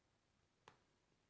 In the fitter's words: right that one's snapped in place